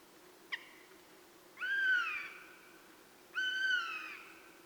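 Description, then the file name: Eurasian jay repeating a long, slightly rising then sagging mewing call twice, about two seconds apart, after a brief sharp click. "Garrulus glandarius"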